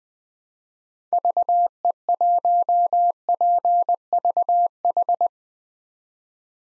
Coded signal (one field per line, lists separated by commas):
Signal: Morse code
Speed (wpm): 20 wpm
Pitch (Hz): 700 Hz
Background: none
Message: VE1PVH